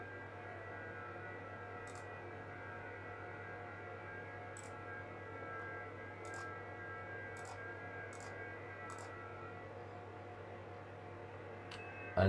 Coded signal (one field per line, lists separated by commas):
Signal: FT8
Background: speech